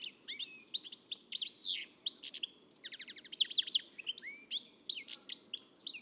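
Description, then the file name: European goldfinch delivering a continuous, busy twittering song of bright chirps, trills and sliding notes throughout. "Carduelis carduelis"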